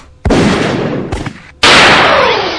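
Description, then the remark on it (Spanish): Two sharp toy cap gun bangs from toy pistols loaded with caps, fired in a studio, each followed by a bright, crackling tail that lingers, with a softer pop between them; loud and with no talking. “Bueno, doble el disparo para este personaje, obviamente con balas de cebita, con pistolas de juguete, nada en serio, porque imagínese una masacre aquí en el estudio.”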